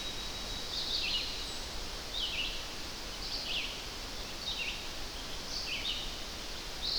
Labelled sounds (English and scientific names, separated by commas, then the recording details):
Red-eyed Vireo (Vireo olivaceus) song
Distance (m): 40 m
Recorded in boreal forest in Alberta, Canada, on 12 June 2016 at 06:38
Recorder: SongMeter 3, array SBT-3-18
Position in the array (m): 237 m, 101 m